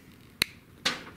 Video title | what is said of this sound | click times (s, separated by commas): How to install MC4 connectors onto solar PV cables By KVUSMC | hear that click | 0.4 s